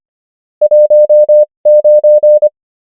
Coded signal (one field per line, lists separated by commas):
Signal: Morse code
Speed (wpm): 25 wpm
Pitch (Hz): 600 Hz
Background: none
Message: 19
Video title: morse code practice | 25wpm | 21fw | numbers | ENGLISH